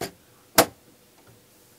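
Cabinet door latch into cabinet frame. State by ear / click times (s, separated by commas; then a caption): seated / 0.6 s. A wooden cabinet door in a 2005 Holiday Rambler Navigator motorhome is pushed closed, and its latch clicks into the cabinet frame. A softer knock is heard at the very start, then one sharp, bright click at 0.6 s, followed by faint low sounds. The latch is seated and the door is shut.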